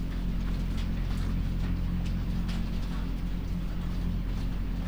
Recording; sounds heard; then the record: poultry house recording; sick chickens (respiratory disease)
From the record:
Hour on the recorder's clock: 22